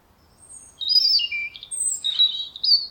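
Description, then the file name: European robin high, thin twittering notes, a descending warbled phrase followed by a scratchy burst and sharp high squeaks. "Erithacus rubecula"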